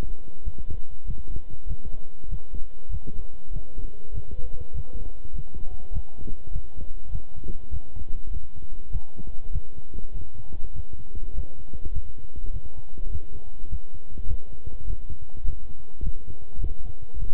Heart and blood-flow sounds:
heart sounds by stethoscope; between the tricuspid and mitral areas; 100 bpm
0.42 s: heartbeat
1.04 s: heartbeat
1.66 s: heartbeat
2.28 s: heartbeat
2.89 s: heartbeat
3.51 s: heartbeat
4.12 s: heartbeat
4.73 s: heartbeat
5.33 s: heartbeat
5.91 s: heartbeat
6.51 s: heartbeat
7.10 s: heartbeat
7.70 s: heartbeat
8.30 s: heartbeat
8.90 s: heartbeat
9.50 s: heartbeat
10.12 s: heartbeat
10.73 s: heartbeat
11.33 s: heartbeat
11.91 s: heartbeat
12.51 s: heartbeat
13.10 s: heartbeat
13.68 s: heartbeat
14.26 s: heartbeat
14.85 s: heartbeat
15.43 s: heartbeat
16.01 s: heartbeat
16.59 s: heartbeat
17.17 s: heartbeat
From the record:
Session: walking at 3.7 km/h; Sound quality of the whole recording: good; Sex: male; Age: 26 years

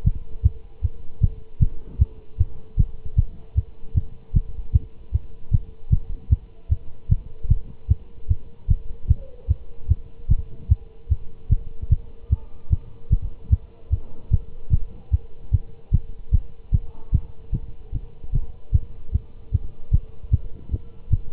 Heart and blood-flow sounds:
heart sounds by stethoscope; between the tricuspid and mitral areas; 151 bpm
0.06 s: heartbeat
0.45 s: heartbeat
0.84 s: heartbeat
1.22 s: heartbeat
1.61 s: heartbeat
2.00 s: heartbeat
2.40 s: heartbeat
2.79 s: heartbeat
3.18 s: heartbeat
3.57 s: heartbeat
3.96 s: heartbeat
4.35 s: heartbeat
4.74 s: heartbeat
5.14 s: heartbeat
5.53 s: heartbeat
5.92 s: heartbeat
6.31 s: heartbeat
6.71 s: heartbeat
7.11 s: heartbeat
7.50 s: heartbeat
7.90 s: heartbeat
8.30 s: heartbeat
8.70 s: heartbeat
9.10 s: heartbeat
9.50 s: heartbeat
9.90 s: heartbeat
10.30 s: heartbeat
10.71 s: heartbeat
11.11 s: heartbeat
11.51 s: heartbeat
11.91 s: heartbeat
12.31 s: heartbeat
12.72 s: heartbeat
13.12 s: heartbeat
13.52 s: heartbeat
13.92 s: heartbeat
14.32 s: heartbeat
14.72 s: heartbeat
15.13 s: heartbeat
15.53 s: heartbeat
15.93 s: heartbeat
16.33 s: heartbeat
16.73 s: heartbeat
17.14 s: heartbeat
17.54 s: heartbeat
17.94 s: heartbeat
18.34 s: heartbeat
18.74 s: heartbeat
19.14 s: heartbeat
19.54 s: heartbeat
19.93 s: heartbeat
20.33 s: heartbeat
20.73 s: heartbeat
21.12 s: heartbeat
From the record:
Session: Bruce protocol treadmill stress test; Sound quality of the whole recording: good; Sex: male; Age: 25 years

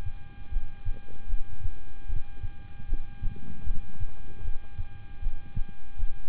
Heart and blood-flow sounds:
heart sounds by stethoscope; between the tricuspid and mitral areas; 77 bpm
0.50 s: heartbeat
1.27 s: heartbeat
2.06 s: heartbeat
2.86 s: heartbeat
3.64 s: heartbeat
4.42 s: heartbeat
5.20 s: heartbeat
5.96 s: heartbeat
From the record:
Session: rest, lying down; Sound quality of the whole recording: good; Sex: male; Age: 26 years

